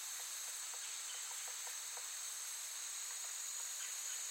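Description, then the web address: Insects keeping up a continuous high, hissing drone, with faint short ticks and chips scattered through the steady buzz. Forest ambience with active insects, looped. "Blastwave AMBIENCE Forest. forest active insects birds loop"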